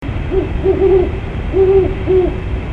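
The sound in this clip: Owl hooting, a series of short low hoots in uneven pairs and runs over under three seconds, against a steady low rumbling background.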